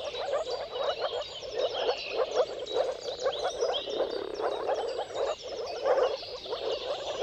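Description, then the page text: Moor frog mating chorus of soft gurgling pulses, swelling and easing, with songbirds whistling and chirping in the background. Chorus of moor frogs giving mating calls at sunrise, at the turn of March and April depending on the weather. "Dawn’s Chorus: Mating Calls of Marsh Frogs at Sunrise. Depending on the weather at the turn of March and April, you can witness an amazing spectacle of moor frogs. earth-fm Jakub-Orzecki moor frogs"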